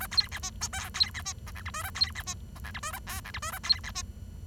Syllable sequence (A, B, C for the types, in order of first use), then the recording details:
A B C D E F B C D G H I J A B C D G H I J A K H I J A B C D. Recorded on 23 June 2012 at 11:06. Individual gr41rd51